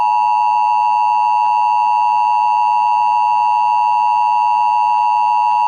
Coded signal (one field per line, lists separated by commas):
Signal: Emergency Alert System (SAME) tones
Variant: 853 and 960 Hz attention tone